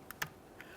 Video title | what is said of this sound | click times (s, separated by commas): How to Replace Front Exterior Door Handle 2011-2021 Jeep Grand Cherokee | just press this in listen for a click | 0.2 s